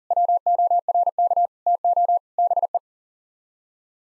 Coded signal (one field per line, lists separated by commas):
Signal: Morse code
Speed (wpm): 37 wpm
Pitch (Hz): 700 Hz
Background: none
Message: WORK TO BE